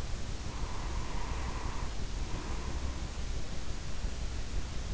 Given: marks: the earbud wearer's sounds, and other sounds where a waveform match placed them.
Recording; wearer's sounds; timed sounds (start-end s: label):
sounds in sleep by an in-ear microphone; breath
0.29-3.34 s: breath